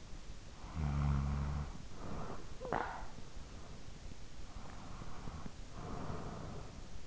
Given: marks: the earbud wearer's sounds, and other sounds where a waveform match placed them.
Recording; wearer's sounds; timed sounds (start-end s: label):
sounds in sleep by an in-ear microphone; snoring breath, breath
0.49-3.80 s: snoring breath
4.27-7.07 s: breath